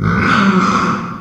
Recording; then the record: squeal of a Yucatan mini pig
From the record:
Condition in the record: after surgery on the right vocal fold (resection and tissue-engineered implant); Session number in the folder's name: 15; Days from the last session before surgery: 175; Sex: female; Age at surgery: 19 weeks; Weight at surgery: 25 kg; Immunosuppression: prednisolone